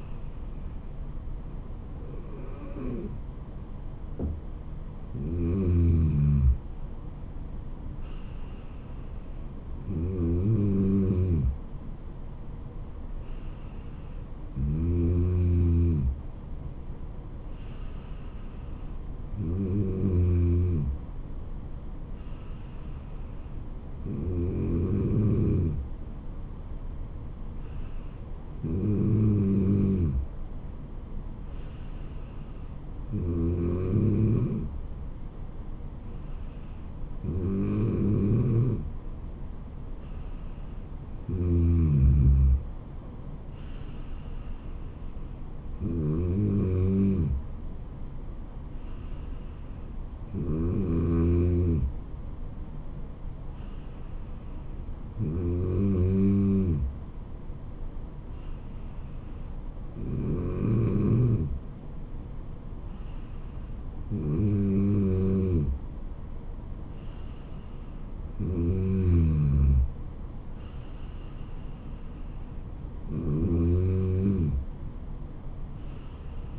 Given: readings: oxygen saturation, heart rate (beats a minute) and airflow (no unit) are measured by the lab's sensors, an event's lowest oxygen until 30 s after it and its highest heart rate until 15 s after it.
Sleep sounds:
breathing in sleep by a smartphone at the bedside; none
none scored
From the record:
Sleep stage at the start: N2 (light sleep); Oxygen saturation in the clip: 94 to 95%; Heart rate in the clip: 65 to 77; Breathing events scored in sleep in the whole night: 426 in 7.4 hours asleep

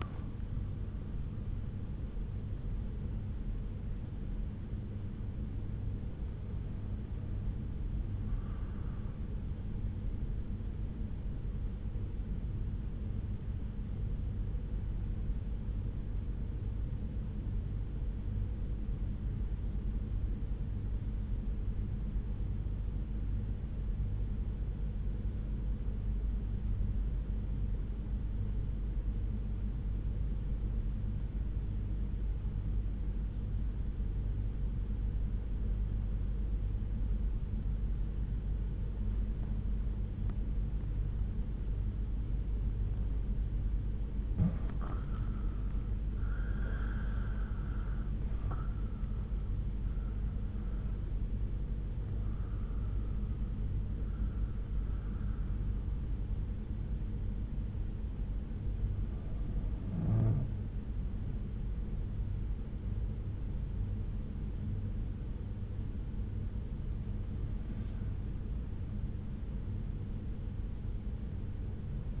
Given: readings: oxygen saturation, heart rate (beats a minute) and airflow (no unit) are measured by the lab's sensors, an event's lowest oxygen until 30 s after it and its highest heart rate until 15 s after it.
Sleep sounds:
breathing in sleep by a smartphone at the bedside; 1
11.00-45.40 s: hypopnea (N1, oxygen 96% highest, then 83% lowest)
18.00-48.00 s: new sleep stage, N2 (light sleep)
48.00-72.20 s: new sleep stage, N1 (lightest sleep)
From the record:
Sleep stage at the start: N1 (lightest sleep); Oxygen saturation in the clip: 83 to 96%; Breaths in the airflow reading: 9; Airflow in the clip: -8.2 to 9.3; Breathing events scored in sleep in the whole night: 368 in 8.0 hours asleep

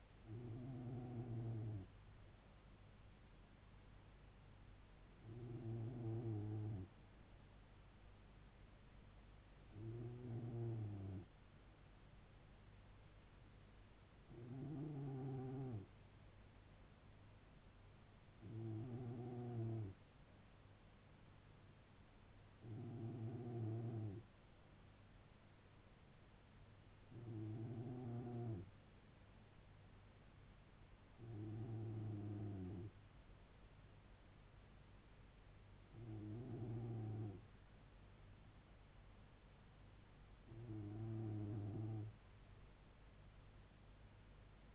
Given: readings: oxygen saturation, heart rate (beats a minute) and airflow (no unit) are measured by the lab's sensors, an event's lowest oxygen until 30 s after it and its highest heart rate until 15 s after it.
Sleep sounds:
breathing in sleep by a voice recorder at the bedside; none
17.00-44.75 s: new sleep stage, N2 (light sleep)
From the record:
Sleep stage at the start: N3 (deep sleep); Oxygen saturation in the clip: 94 to 95%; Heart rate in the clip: 69 to 74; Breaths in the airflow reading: 10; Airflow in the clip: -3.0 to 2.0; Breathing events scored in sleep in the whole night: 158 in 7.3 hours asleep

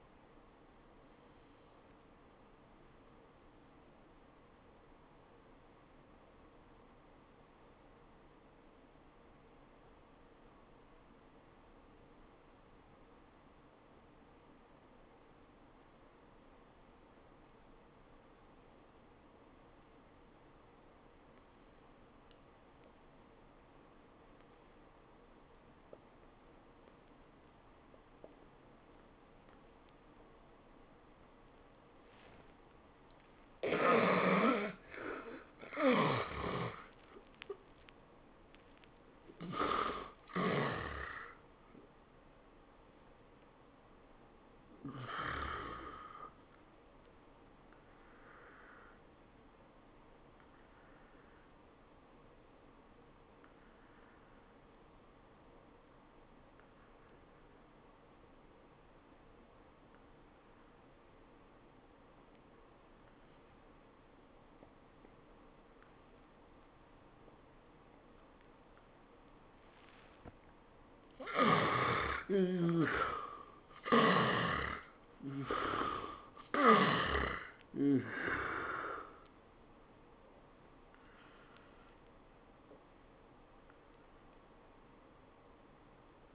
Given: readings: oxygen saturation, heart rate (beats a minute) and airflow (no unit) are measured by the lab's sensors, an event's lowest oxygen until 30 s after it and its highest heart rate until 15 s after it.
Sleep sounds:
breathing in sleep by a voice recorder at the bedside; 2
3.00-32.70 s: obstructive apnea (N1, oxygen 93% highest, then 73% lowest, heart rate 75 at the start, 101 highest)
6.00-36.00 s: new sleep stage, N2 (light sleep)
36.00-86.35 s: new sleep stage, N1 (lightest sleep)
55.00-72.10 s: obstructive apnea (N1, oxygen 97% highest, then 74% lowest, heart rate 78 at the start, 99 highest)
From the record:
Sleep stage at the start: N1 (lightest sleep); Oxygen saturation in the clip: 72 to 97%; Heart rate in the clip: 73 to 101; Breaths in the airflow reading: 7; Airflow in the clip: -18.1 to 12.9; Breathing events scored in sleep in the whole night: 403 in 5.5 hours asleep

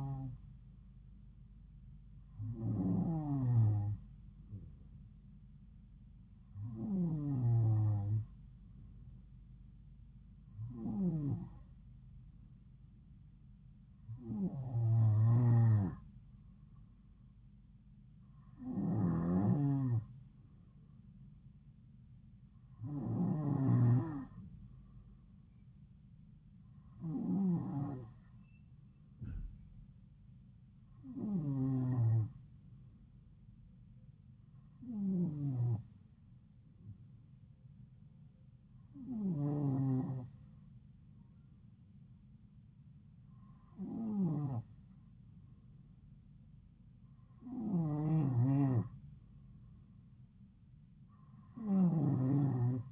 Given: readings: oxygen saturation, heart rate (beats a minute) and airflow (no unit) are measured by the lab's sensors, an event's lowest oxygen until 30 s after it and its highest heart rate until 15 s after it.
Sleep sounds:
breathing in sleep by a smartphone at the bedside; none
none scored
From the record:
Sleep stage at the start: N2 (light sleep); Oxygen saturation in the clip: 92 to 93%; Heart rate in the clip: 66 to 72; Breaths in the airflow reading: 13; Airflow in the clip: -3.8 to 2.9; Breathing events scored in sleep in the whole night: 270 in 6.1 hours asleep

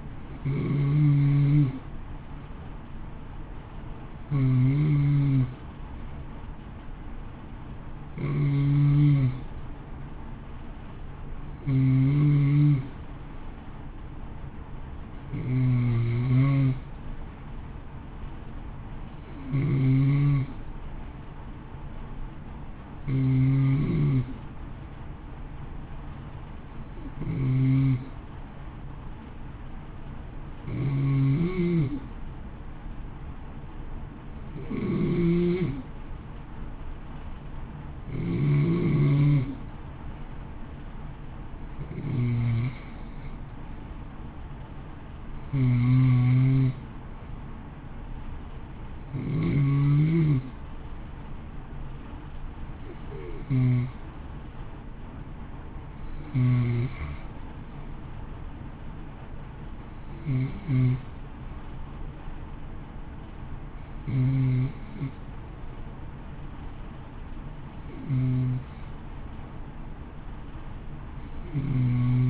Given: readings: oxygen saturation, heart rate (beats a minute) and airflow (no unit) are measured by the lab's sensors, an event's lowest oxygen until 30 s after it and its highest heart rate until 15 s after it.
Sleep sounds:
breathing in sleep by a smartphone at the bedside; none
none scored
From the record:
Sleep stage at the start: N2 (light sleep); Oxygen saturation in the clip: 89 to 93%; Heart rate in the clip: 53 to 59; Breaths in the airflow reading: 18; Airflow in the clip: -0.8 to 1.1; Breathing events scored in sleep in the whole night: 328 in 6.3 hours asleep

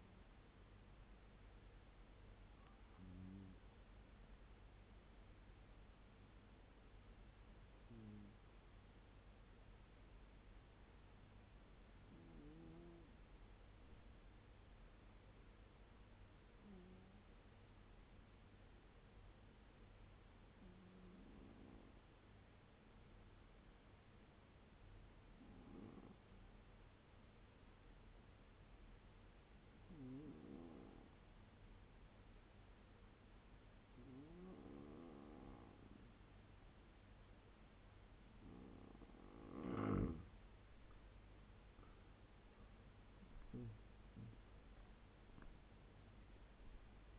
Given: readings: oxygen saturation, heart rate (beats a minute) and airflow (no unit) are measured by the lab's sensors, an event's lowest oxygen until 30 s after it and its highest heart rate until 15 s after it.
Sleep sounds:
breathing in sleep by a voice recorder at the bedside; 1
2.00-32.00 s: new sleep stage, N2 (light sleep)
5.00-39.00 s: hypopnea (N2, oxygen 97% highest, then 91% lowest, heart rate 75 at the start, 88 highest)
32.00-47.19 s: new sleep stage, N1 (lightest sleep)
From the record:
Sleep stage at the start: N1 (lightest sleep); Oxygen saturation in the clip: 92 to 97%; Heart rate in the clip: 70 to 86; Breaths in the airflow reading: 11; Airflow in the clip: -11.9 to 12.1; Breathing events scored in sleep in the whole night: 201 in 6.5 hours asleep

